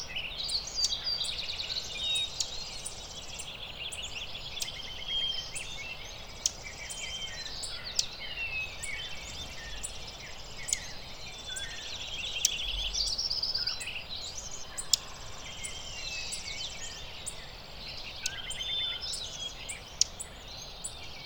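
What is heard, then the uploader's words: A dawn chorus in Lincoln Meadows, California, with juncos, flycatchers, robins and mountain quail calling. Many overlapping bright chirps, trills and whistles run continuously, with sharp clicks or ticks popping out every few seconds. A soft low rumble sits steadily underneath. Lincoln Meadows. California. The morning awakes with the dawn chorus. Dark eyed junco, flycatchers, american robin, mountain quail break the morning air.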